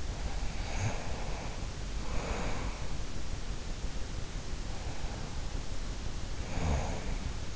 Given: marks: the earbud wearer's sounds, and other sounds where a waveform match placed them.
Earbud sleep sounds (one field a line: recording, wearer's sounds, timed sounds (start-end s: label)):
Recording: sounds in sleep by an in-ear microphone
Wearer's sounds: breath, snoring breath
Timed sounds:
0.41-3.51 s: breath
4.27-7.55 s: snoring breath